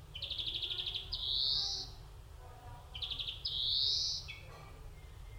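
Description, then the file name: European greenfinch repeating a pattern twice: a quick twittering trill followed at once by a long, rising, buzzy wheeze, with a low hum throughout. "Chloris chloris"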